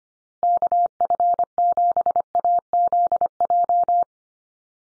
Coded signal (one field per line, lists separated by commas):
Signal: Morse code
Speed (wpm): 25 wpm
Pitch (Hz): 700 Hz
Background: none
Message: KF7AZJ